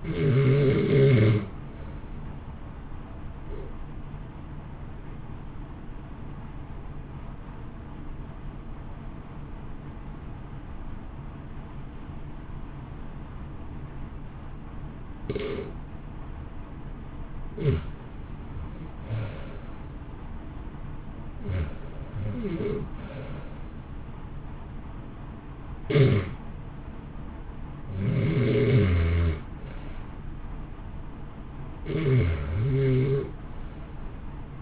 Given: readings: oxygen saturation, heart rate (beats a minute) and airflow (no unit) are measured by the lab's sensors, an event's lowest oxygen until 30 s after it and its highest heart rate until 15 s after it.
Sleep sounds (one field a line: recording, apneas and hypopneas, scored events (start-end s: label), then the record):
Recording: breathing in sleep by a smartphone at the bedside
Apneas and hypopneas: 1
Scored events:
6.00-21.30 s: hypopnea (REM, oxygen 83% highest, then 77% lowest, heart rate 55 at the start, 66 highest)
From the record:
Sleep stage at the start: REM sleep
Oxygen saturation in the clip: 77 to 90%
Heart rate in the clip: 53 to 73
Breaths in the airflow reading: 11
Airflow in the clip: -1.1 to 1.7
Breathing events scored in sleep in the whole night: 328 in 6.3 hours asleep